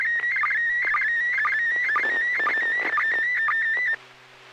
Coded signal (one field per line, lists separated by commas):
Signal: SSTV (slow-scan television)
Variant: PD 120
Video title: N6NA SSTV Net - 06/08/2022